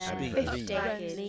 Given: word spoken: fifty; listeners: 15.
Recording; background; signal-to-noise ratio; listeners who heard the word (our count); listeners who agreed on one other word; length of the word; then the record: one English word in noise, from a listening test; four-talker babble; -2.2 dB; 1 of 15; 13 of 15; 0.89 s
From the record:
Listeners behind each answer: 13, 1, 1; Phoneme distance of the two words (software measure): 44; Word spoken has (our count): 2 syllables, 5 phonemes, stress on syllable 1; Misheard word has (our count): 2 syllables, 5 phonemes, stress on syllable 2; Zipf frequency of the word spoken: 3.51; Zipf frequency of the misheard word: 4.04